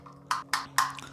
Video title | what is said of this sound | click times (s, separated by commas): Boosting Etsy Sales: SEO Marketing Tips & Pillbox Prototype Ready! | they all do more or less click into place | 0.3 s, 0.5 s, 0.8 s